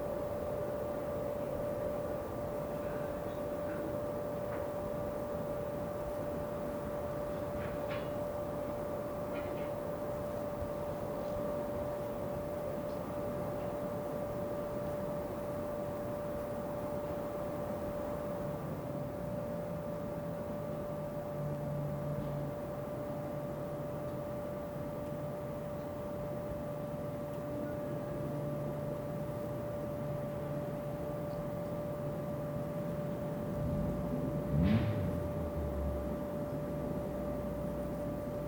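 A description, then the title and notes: A quiet neighborhood settles under a low, steady rumble, with a constant pair of thin tones humming throughout. Around the twentieth second a faint vehicle-like drone rises underneath, and near thirty-five seconds a single brief knock or clunk breaks the calm. This audio of NE Minneapolis was recorded. Between 7:45 and 8:15 PM. The neighborhood is pretty quiet, perhaps due to a snow earlier in the day. There are two vantage points in the recording: the first with me closer to a vent and the second with me further away.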